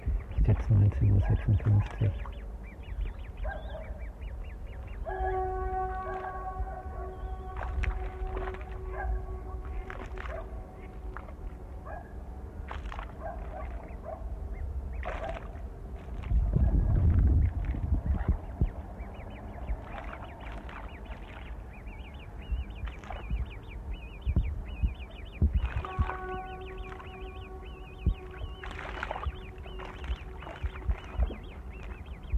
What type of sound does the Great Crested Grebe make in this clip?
call